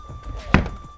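A variable ND filter is fitted onto a Kase Movie Mate magnetic matte box and locks on with a single sharp click at 0.5 s, giving a tight lock. A faint steady hum runs underneath the whole clip.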